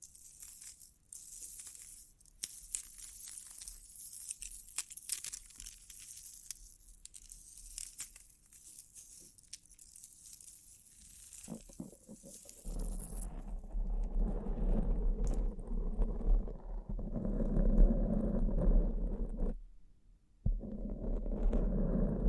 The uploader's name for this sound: Bling Bling Triggers